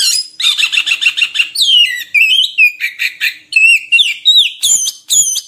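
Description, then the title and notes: Oriental magpie-robin song, a fast sequence of scratchy chattering notes followed by sweet downslurred whistles, each phrase brief and varied, with no other sounds. Long-duration kacer filler song (isian) for training birds to sing vigorously (gacor) day and night. "Kacer Jadi Gacor Siang Malam. Isian Kacer Durasi Panjang"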